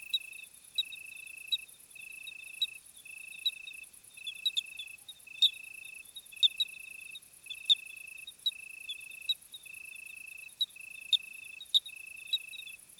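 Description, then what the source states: Crickets repeat high trilled phrases of about a second with short gaps, over a very high buzzing hum and occasional sharp ticks. Summer crickets on a hot night, 26 July 2020, 21:15, Plateau de Lesches-en-Diois; recorded with Nagra Seven and B&K omni microphone.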